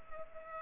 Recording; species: mosquito wingbeat signal from an infrared sensor; Culex pipiens